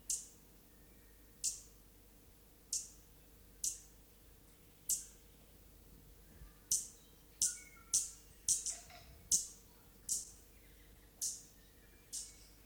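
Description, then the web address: Stitchbird calls: sharp, high, clipped notes repeated every second or so, coming closer together midway, with a few fainter chirps between. New Zealand native bird. "conservation native-animals birds bird-song stitchbird-song"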